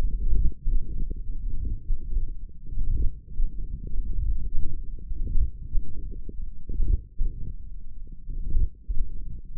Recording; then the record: forearm muscle sounds (acoustic myography)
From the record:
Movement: ulnar deviation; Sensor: system 1, eight BSWA MPA416 microphones around the upper forearm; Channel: 5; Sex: male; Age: 18 years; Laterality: right